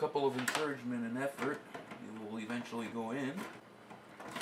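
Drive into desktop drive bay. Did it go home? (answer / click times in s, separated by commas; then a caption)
no / none. A railed drive is pushed with some force back into the drive bay of a Dell Dimension 9150 desktop PC while someone talks, with faint sliding and handling noise under the voice. Nothing has seated or clicked yet.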